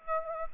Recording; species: mosquito wingbeat signal from an infrared sensor; Aedes aegypti